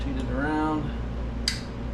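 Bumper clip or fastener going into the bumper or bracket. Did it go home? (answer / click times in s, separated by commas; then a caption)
yes / 1.5 s. While refitting the bumper on a 1946 truck, someone talks as a bumper clip or fastener is rotated into position on the bumper or bracket. A short, sharp click at 1.5 s marks it snapping into its seat, and the fastener is seated.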